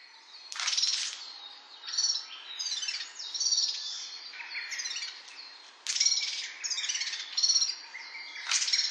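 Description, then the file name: Asian brown flycatcher singing bursts of high, squeaky twitters in separate phrases with short pauses between. Recorded on 6 June 2010 at Nasushiobara. "kosamebitaki 100606 nasusiobara"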